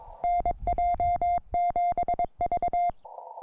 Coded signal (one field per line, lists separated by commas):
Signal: Morse code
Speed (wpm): 22 wpm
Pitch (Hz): 700 Hz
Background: music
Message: NJ7V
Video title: Introducing the CFT1 Compact Portable QRP CW Field Transceiver #hamradio